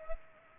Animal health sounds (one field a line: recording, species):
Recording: mosquito wingbeat signal from an infrared sensor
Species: Culex pipiens